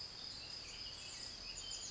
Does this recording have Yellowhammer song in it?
no